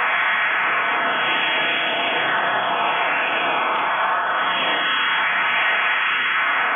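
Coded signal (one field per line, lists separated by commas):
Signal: HF data modem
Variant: CIS-12 12-tone PSK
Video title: 11084 KHz USB - Russian CIS-12 modem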